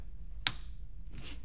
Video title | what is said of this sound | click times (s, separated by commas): Tippmann HP Coiled Remote Line w/ Slide Check - Review | pull the collar back slide it on and then I want to hear that snap and where'd | 0.5 s